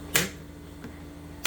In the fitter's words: click click click